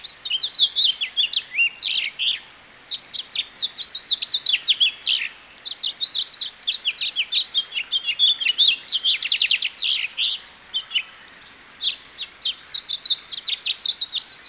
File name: House Finch Haemorhous mexicanus Marvin